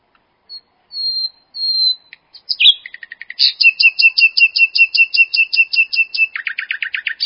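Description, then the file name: Common nightingale singing two drawn-out whistles, a sharp flourish, then a long steady train of repeated double notes, finishing with harsher, buzzier phrases. "nachtigall"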